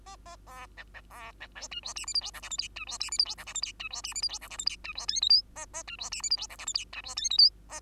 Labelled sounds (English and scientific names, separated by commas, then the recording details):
Bengalese Finch (Lonchura striata domestica) song
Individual Bird2